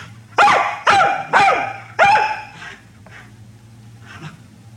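Small dog barking, four sharp yapping barks in quick succession, then a few faint softer sounds over a low steady hum.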